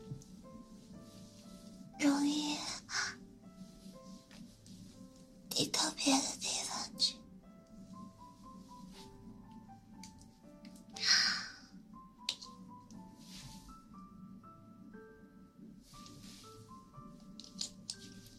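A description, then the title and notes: Ear cleaning and massage sounds: loud scratchy rubbing bursts near 2, 5.5 to 7, and 11 seconds stand out over a soft, steady low hum. Between them come faint crackles, light taps and brief high-pitched tones, scattered fairly regularly throughout. ASMR Ear cleaning & Ear massage.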